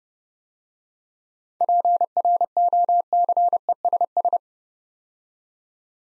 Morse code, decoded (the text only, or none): PROCESS